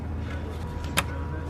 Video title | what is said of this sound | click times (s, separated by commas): Part 2: How To Replace BMW CCV | Go ahead and click that one in. | 1.0 s